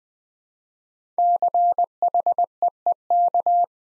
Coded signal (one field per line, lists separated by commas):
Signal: Morse code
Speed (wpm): 20 wpm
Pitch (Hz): 700 Hz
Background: none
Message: CHEEK